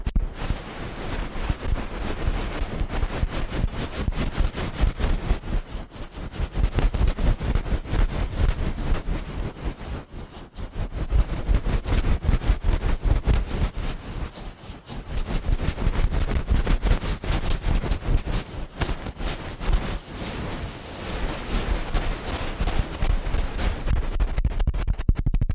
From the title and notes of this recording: ASMR Ear Cleaning at Helicopter Speed.